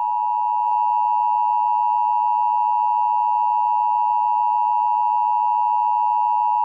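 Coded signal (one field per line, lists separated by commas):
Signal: Emergency Alert System (SAME) tones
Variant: 853 and 960 Hz attention tone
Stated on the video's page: Fictional remake, not a real EAS broadcast.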